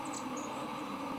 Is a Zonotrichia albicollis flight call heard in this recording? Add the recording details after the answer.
no. No flight call is heard. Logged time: 10:43 on 23 September 2014